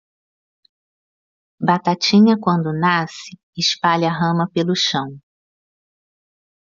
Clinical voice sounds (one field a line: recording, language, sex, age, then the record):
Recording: short text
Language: Brazilian Portuguese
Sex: female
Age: 60 to 69 years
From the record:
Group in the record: control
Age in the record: 60 years